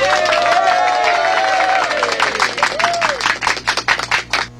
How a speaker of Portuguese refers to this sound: Mas olha que atitude do PSG. Bota os aplausos aí pro PSG, produção.